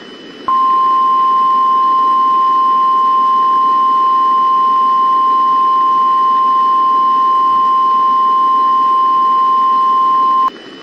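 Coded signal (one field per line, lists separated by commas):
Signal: Emergency Alert System (SAME) tones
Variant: 1050 Hz attention tone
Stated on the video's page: Valid SAME codes in a fictional zombie-virus EAS scenario.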